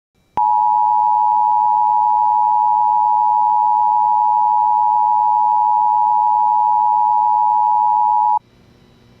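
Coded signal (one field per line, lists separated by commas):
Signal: Emergency Alert System (SAME) tones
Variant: 853 and 960 Hz attention tone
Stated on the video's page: Flood Warning alert broadcast on WJON radio station.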